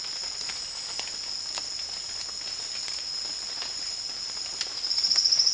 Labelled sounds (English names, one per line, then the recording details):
none
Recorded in secondary vegetation near Puerto Asís, Putumayo, Colombia, on 30 June 2025 at 17:30
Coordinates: 0.485, -76.322
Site GP06